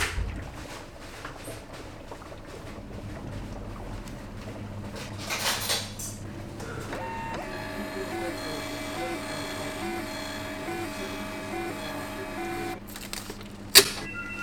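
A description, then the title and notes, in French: Machines and instruments hum steadily, with a low drone and a mid hum running throughout. Near seven seconds a series of pitched electronic tones starts and keeps stepping on until about thirteen seconds. A brief bright hiss swells near five seconds, and a sharp click lands near fourteen. "Une petite fourmi" nous fait découvrir l environnement sonore des machines et instruments d Alexandra & ses nombreuses manipulations. Ode à Alexandra, Assistante dentaire.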